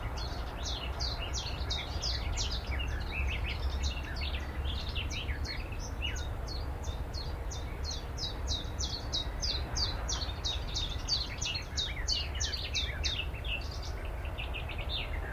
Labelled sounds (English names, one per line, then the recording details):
Willow Warbler
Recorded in captivity
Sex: male
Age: adult
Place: Volierenanlage, Zoologisches Institut Universität Tübingen, Baden-Württemberg, DE
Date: 1966-06-15
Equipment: Nagra III PH, MD 421, LGS26
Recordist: Schneider, Hans-Joachim